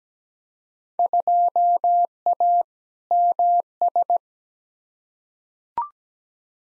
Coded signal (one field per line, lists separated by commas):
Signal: Morse code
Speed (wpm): 17 wpm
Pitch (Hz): 700 Hz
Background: none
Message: 2A MS